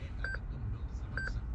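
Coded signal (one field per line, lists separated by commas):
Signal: beep code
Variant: Autowatch Ghost 2 immobiliser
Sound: two short mid-pitched beeps about a second apart over low rumble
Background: low rumble, car interior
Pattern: 2 short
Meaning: PIN accepted, the car can be started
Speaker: enter your code one two three four you get two beeps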